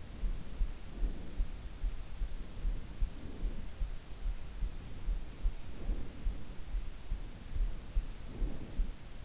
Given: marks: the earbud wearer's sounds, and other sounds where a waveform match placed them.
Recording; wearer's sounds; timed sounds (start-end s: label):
sounds in sleep by an in-ear microphone; breath
0.00-1.46 s: breath
2.43-3.78 s: breath
4.85-6.19 s: breath
7.21-8.89 s: breath